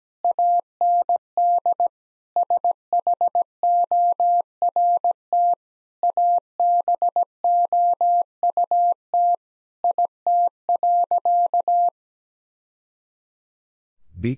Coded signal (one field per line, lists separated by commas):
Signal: Morse code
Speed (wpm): 17 wpm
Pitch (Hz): 700 Hz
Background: none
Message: AND SHORT ABOUT IT.